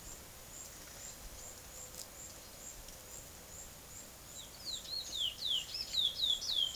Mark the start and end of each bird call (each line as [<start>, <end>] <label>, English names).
[4.11, 6.76] Chestnut-bellied Seed Finch